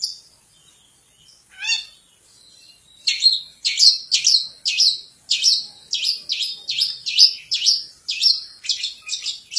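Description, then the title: Long-tailed shrike song: a couple of isolated high notes, then a steady, rapid series of sharp, scratchy chirps. "Cendet"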